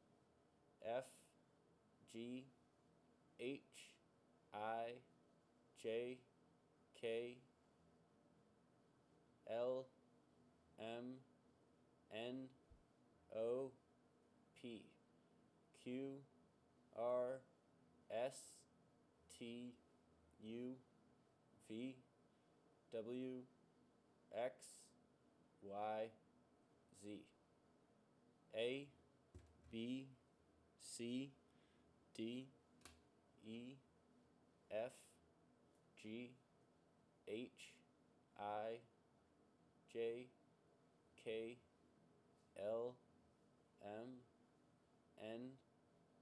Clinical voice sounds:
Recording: letters of the alphabet, spoken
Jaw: free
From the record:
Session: seven days later

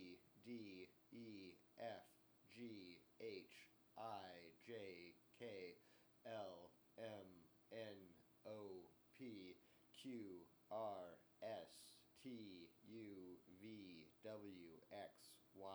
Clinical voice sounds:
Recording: letters of the alphabet, spoken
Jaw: free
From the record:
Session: seven days later

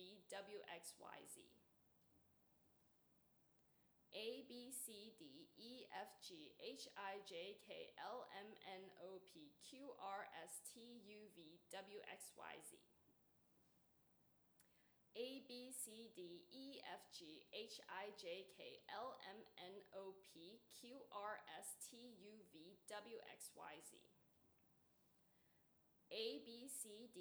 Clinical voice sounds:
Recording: letters of the alphabet, spoken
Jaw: free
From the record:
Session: seven days later

